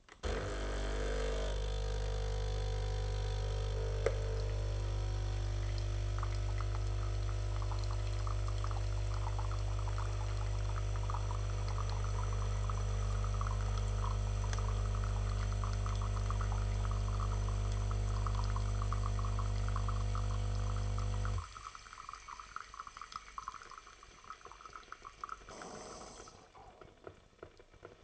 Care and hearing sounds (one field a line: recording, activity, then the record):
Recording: daily activity, microphone in the room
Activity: make coffee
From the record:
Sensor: 4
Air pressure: 1015.5 hPa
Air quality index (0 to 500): 192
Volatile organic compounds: 9 ppm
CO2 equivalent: 2144 ppm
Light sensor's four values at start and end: 5/10/4/3 and 5/10/4/3